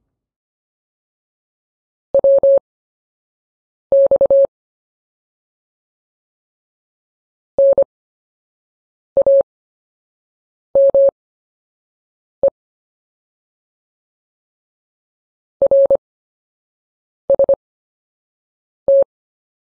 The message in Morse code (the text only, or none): WX NAME RST